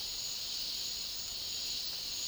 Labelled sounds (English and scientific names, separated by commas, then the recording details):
none
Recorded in dense forest near Puerto Asís, Putumayo, Colombia, on 18 February 2024 at 10:30
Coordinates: 0.500, -76.322
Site G6465